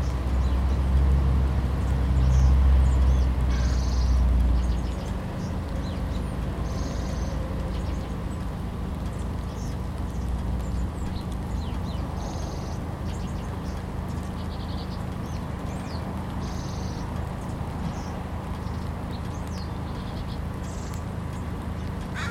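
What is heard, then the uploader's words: Backyard sound with a steady low rumble throughout, heaviest and loudest in the first five seconds before settling to an even level. Short bright chirps or clicks recur every few seconds up high, and faint irregular knocks and movement sit underneath. Recorded in our backyard.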